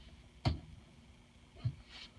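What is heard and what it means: Plastic water tubing is pushed into a push-fit fitting on a MACguard 7500 under-sink drinking water filter system, and it clicks in sharply at 0.5 s, seating the line. A quieter, low thump follows at about 1.7 s against faint background noise.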